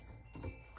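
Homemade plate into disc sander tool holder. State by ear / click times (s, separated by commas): not seated / none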